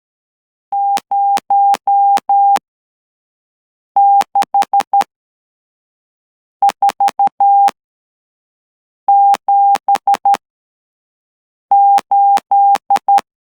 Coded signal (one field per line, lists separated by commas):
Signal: Morse code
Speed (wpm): 11 wpm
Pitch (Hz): 800 Hz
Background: none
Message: 06478